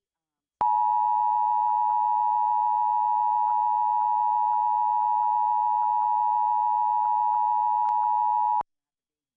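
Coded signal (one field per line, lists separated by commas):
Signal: Emergency Alert System (SAME) tones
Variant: 853 and 960 Hz attention tone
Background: speech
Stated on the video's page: Required Monthly Test captured on several TV channels.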